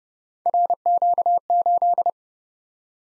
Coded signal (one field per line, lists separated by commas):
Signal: Morse code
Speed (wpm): 29 wpm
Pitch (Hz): 700 Hz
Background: none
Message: RQ8